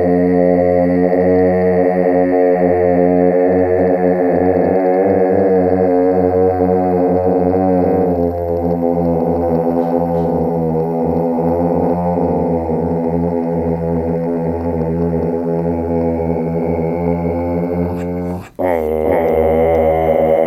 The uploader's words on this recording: Attempt at throat singing, phased.